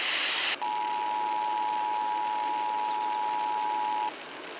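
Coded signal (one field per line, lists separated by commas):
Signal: Emergency Alert System (SAME) tones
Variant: 853 and 960 Hz attention tone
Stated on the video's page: Monthly EAS test in Maine, relayed by FM broadcast stations.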